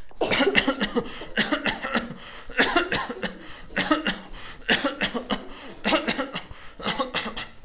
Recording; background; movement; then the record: voluntary coughing; a bystander coughing; walking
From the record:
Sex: male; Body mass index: 22.0 kg/m2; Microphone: on the chest, facing outward